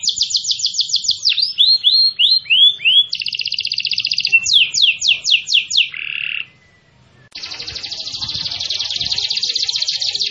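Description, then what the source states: Canary song, loud and continuous, with fast trills that change pitch from phrase to phrase, sweeping rolled notes, a brief pause, then a long buzzy trill. Kenari gacor, an Indonesian term for a canary singing actively and continuously.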